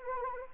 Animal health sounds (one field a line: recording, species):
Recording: mosquito wingbeat signal from an infrared sensor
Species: Anopheles arabiensis